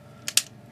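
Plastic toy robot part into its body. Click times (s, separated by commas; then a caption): 0.4 s. After failing at first, a plastic part of a Dark of the Moon Ironhide toy robot is pressed into its body. A lighter tick at 0.3 s is followed by a sharp plastic click at 0.4 s as the part seats in place.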